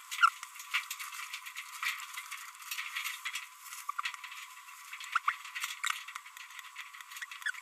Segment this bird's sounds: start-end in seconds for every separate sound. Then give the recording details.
0.12-0.29, 5.28-5.32, 7.22-7.24. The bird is a female. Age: 27 days. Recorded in a nest box in Venezuela. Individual 17B42B3